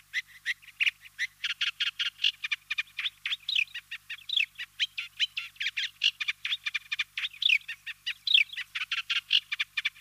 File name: Reed Warbler Acrocephalus scirpaceus